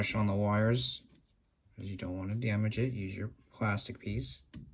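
Someone talks while reassembling the smoke exhaust fan of an xTool S1 laser cutter, pressing the plastic top cover piece back onto the fan housing with a plastic pry piece so the wires aren't pushed on and damaged. Only faint handling sounds are heard under the talking. Nothing has seated or clicked into place yet.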